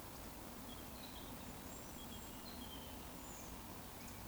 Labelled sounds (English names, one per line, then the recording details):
Eurasian Woodcock whistle
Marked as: whistle, whistle
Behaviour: display flight
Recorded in Baden-Württemberg, Germany, on 12 June 2020 at 20:22 UTC
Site 14569, 102 m above sea level